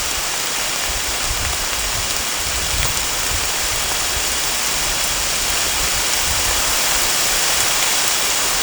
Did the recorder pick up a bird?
no